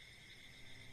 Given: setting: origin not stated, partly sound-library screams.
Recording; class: one-second piece from a danger detection set; normal situation